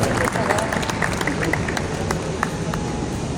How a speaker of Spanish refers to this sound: Bueno, muy fuerte el aplauso para cada una de las delegaciones, para esta presencia que tiene el Estado Provincial en cada uno de los departamentos.